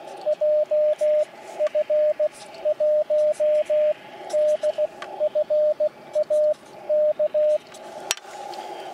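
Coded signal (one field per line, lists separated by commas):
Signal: Morse code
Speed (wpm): 16 wpm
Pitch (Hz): 610 Hz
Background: radio noise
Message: JF1DFA K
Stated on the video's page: Beginner's CW contacts at 16 wpm, 10 W from an IC-705 into an RHM12 antenna, on a riverbank portable outing; five stations answered a CQ, with QSB fading.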